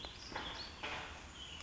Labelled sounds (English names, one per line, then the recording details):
Warbling Vireo
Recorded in Sonoma County, California